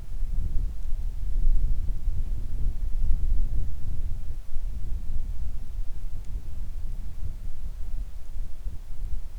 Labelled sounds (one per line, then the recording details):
wind
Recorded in the Arctic National Wildlife Refuge, Alaska, on 3 August 2019 at 10:30
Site 41